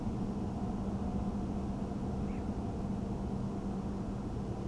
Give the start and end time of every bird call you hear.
[2.28, 2.43] Little Bittern (1.8-2.8 kHz)

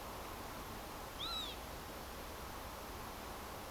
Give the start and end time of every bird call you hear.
[1.20, 1.51] Northern Lapwing (1.1-8.4 kHz)

